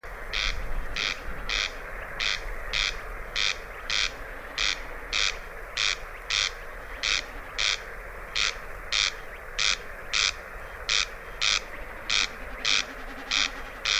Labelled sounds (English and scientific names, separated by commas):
Corn Crake (Crex crex)